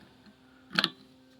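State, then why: Not seated. A drilled-out fuel tank cap on an abandoned motorcycle is closed onto the tank, giving two quick metal taps close together around 0.8 seconds. The cap has not latched or clicked into place; it just flops loose.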